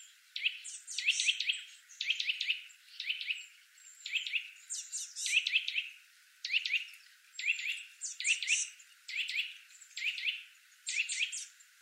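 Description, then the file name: Eurasian nuthatch calls in small clusters of a few sharp notes, the clusters repeating about once a second at a fairly even pace. "Sitta europaea"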